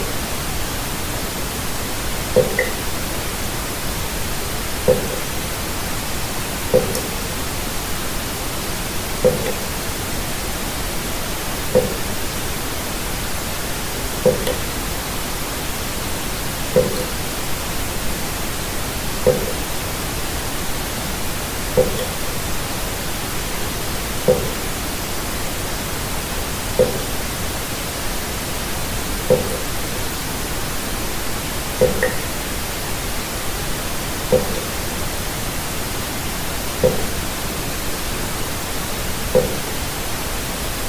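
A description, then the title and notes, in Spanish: Steady pink noise hisses throughout, with soft water-drop plinks landing at a regular pace about every two and a half seconds. Gotas de Agua de Ruido Rosa. Nuestros sonidos de gotas de agua colocados sobre un relajante ruido rosa. Similar al sonido estable y constante de un ventilador.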